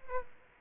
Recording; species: mosquito wingbeat signal from an infrared sensor; Aedes aegypti